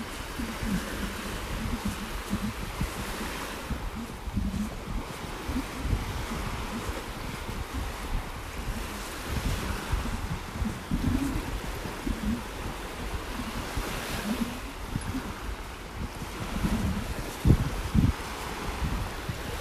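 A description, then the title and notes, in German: Waves rush steadily while wind buffets the microphone in low rumbling gusts, with a sharp thump near seventeen seconds. Wellenrauschen und Wind.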